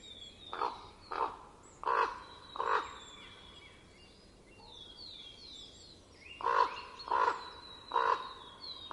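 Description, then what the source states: Common raven giving harsh, hoarse croaks, four spaced calls, a pause of several seconds, then four more, with thin high whistles of small birds behind. Recorded in winter in Estonia.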